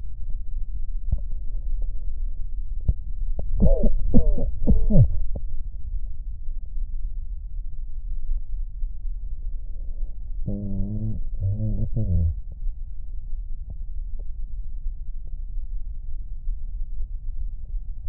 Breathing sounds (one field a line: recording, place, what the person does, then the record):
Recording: lung sounds by stethoscope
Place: left posterior basal chest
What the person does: quiet breathing, then cough and speech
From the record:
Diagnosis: COPD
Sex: male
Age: 59 years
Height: 175 cm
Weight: 73 kg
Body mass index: 23.8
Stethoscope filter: extended mode